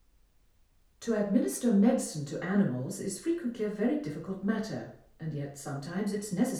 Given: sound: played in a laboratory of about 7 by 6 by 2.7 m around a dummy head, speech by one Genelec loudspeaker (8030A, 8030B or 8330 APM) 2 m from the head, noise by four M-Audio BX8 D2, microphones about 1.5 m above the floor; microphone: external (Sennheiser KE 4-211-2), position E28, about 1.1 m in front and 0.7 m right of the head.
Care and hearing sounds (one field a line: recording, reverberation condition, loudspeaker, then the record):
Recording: female speech in English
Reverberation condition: medium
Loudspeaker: 150 degrees to the right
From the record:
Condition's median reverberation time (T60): about 510 ms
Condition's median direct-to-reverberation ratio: about -0.5 dB